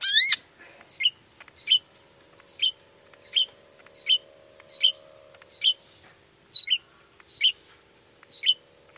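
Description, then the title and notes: Long-tailed shrike song: a series of sharp descending double notes, repeated many times at slightly uneven intervals. Cendet song in the morning, described as gacor (singing intensely) with toet toet variations, used to provoke other cendet into answering. "Cendet Gacor Dor Di Kala Pagi Toet Toet Variasi Suara. Cendet Gacor Pagi Hari Biangnya Bikin Cendet Manapun Langsung On Nyaut Buka Materi. Burung cendet"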